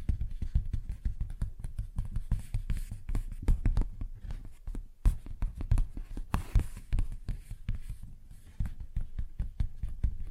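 Fingers tap and scratch on a paper bag in a quick, irregular run of dull, low thumps, several per second, with papery scraping between them. The tapping stops briefly around the five-second mark, then resumes just as busily, with a longer rustling scratch near six seconds.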